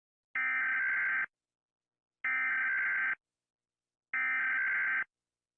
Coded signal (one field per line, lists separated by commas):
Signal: Emergency Alert System (SAME) tones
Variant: header bursts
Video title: rating EAS alerts pt. 1